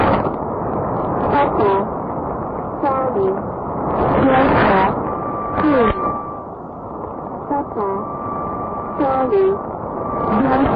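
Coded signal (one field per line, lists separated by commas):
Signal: numbers station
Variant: E10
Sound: distorted voice reading short, evenly spaced phonetic words through static, with a faint steady tone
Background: radio static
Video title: E10 Papa Charlie Delta 2 Null Message 20-01-2011 Number Station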